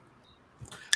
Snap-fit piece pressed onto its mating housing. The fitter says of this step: a microscope you can hear one snaps it there